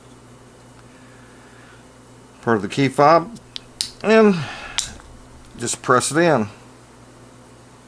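A plastic housing piece of a car key fob is handled over the fob housing while someone talks, with a few brief, faint handling ticks between the words. Nothing has seated or clicked yet; the piece is not yet home when the clip ends.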